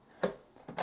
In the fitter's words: and click it in top and bottom. Nice and firm. Easy.